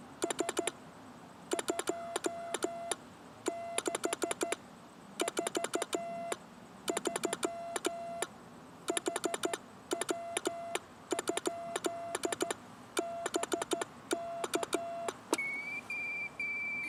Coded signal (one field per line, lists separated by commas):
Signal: Morse code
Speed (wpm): 13 wpm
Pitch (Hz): 680 Hz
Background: none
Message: S 2 6 4 3 HW? BK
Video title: 1930's Equipment POTA - Part 2